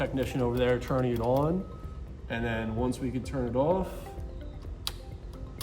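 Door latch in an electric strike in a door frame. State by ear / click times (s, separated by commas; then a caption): seated / 4.9 s. Someone talks while power is switched on to a newly installed electric strike in a metal door frame. A sharp click at 4.9 s is heard as the door latch seats in the strike and goes in all the way.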